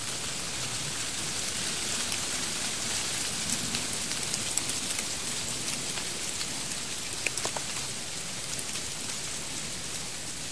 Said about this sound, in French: La pluie s'aggrave.